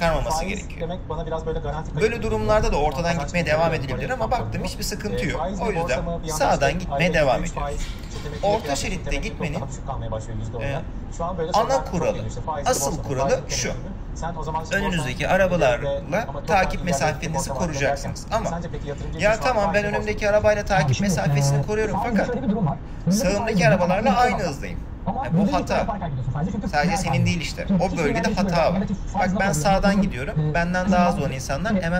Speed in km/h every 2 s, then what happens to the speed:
80, 81, 84, 86, 87, 88, 87, 84, 84, 84, 83, 81, 81, 81, 81, 81.
0-10 speeds up to 88. 10-32 steady at about 83.